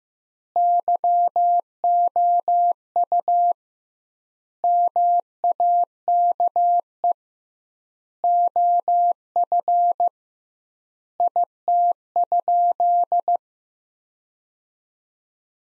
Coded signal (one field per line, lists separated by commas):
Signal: Morse code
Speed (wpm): 15 wpm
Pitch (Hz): 700 Hz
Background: none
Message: YOU MAKE OF IT?